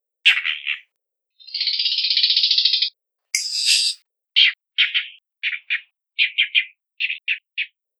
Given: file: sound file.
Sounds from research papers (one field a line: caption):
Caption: The Yellow-breasted Boubou female song and call types: Kee-roo, Keck, Rasp and Chock produced as solo